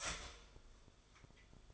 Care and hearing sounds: daily activity, microphone in the room; start toaster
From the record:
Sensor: 5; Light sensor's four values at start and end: 14/34/13/12 and 14/33/13/12

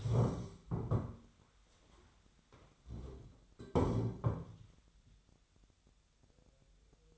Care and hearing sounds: daily activity, microphone in the room; stand up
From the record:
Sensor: 3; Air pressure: 1015.2 hPa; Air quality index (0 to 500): 174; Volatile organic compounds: 15 ppm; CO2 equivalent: 2502 ppm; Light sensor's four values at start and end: 15/38/15/16 and 13/34/13/14

